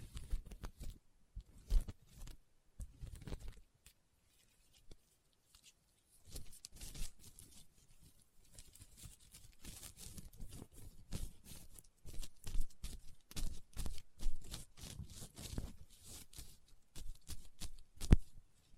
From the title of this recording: Leather Tapping & Scratching Sounds